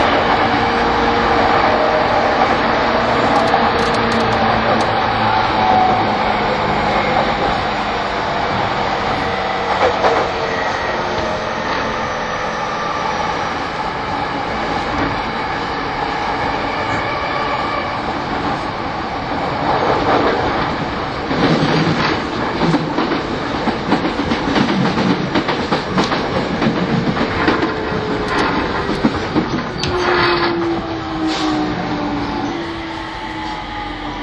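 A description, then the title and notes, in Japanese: Running sound of an E231 series Yamanote Line train on the outer loop: a steady, dense rumble and roar of the car rolling along the track. Whining tones rise and fall through it, with rattling bursts and clatter around 20–30 seconds. E231系 山手線外回り01 東京～東京。2010年代当時山手線で主力車両だった、E231系山手線外回りを収録したものです。走行音。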